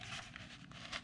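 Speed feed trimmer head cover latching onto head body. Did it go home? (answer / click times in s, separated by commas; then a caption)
no / none. The plastic cover of a speed feed string trimmer head is handled against the head body as the halves are being pushed together to latch. Soft rubbing and scraping handling noises are heard, with a brief sharp tick near 0.4 s and a brighter scrape near 1.0 s. Nothing has latched or clicked yet.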